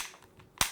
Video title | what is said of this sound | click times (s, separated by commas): Stormtrooper Rap and Street by 50 Galactic Empire Review | with a satisfying snap noise it's just too bad that that's the only satisfying sound these headphones will make | 0.6 s